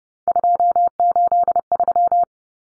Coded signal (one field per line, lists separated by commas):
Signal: Morse code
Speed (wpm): 30 wpm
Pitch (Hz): 700 Hz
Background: none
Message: 283